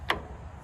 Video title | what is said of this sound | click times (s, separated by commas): Getting Windolph ready for Rock River show 8/30/23 | but you can hear it snap. | 0.1 s